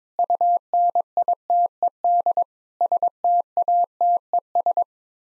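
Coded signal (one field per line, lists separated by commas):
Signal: Morse code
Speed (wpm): 22 wpm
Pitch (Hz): 700 Hz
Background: none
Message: UNITED STATES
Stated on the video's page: Morse practice at 22 wpm: sets of seven common words (7-grams) for head-copy, each sent twice.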